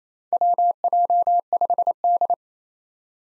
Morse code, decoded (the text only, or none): WJ5D